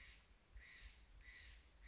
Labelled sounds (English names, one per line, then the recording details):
California Quail
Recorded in Sonoma County, California